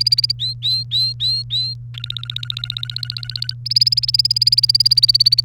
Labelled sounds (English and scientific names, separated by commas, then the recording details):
Domestic Canary (Serinus canaria) song
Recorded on 1 May 2018 at 15:17
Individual llb3